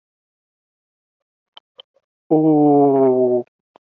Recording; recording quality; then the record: sustained vowel as in boot; excellent, no background noise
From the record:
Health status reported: healthy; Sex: male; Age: 26 years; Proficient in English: yes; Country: India